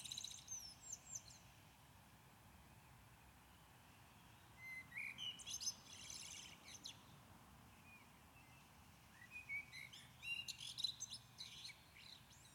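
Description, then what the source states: Common blackbird song: whistled phrases ending in high squeaky twitters, given in separated bursts several seconds apart with quiet pauses between. Recorded at Maindy.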